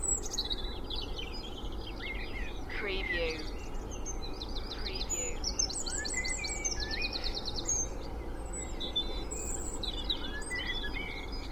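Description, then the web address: Several songbirds overlapping, with rapid high trills, buzzy rattling notes and short whistles, all over a steady background drone of traffic. Spring dawn chorus recorded in Cheshire, UK, with distant traffic noise in the background. "beanstalk-audio Spring dawn chorus with distant traffic noise Cheshire UK"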